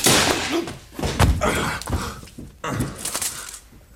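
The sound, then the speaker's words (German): A chair smashes into someone during a scuffle: a run of heavy wooden thuds and cracking knocks, loud and uneven, with a brief clatter of breaking wood. “Schade um Ihren schönen Stuhl, Herr Professor.”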